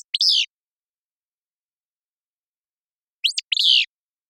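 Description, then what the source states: Willow flycatcher giving a burry, sneezing song phrase, then a second phrase about three seconds later, with silence in between. Willow flycatcher song, described as a buzzy, sharp, staccato fitz-pew.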